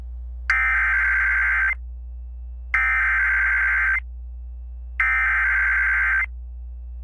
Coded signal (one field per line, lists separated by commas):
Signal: Emergency Alert System (SAME) tones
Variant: header bursts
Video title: I hear Virginia and New York want some more... | EAS Alerts from 7/18/2022 (EAS #1436-1457)